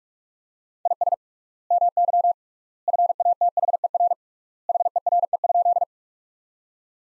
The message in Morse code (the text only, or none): IS MY FATHER HERE?